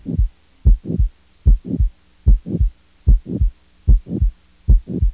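Heart sounds heard through a stethoscope at about 74 beats per minute with a late systolic murmur.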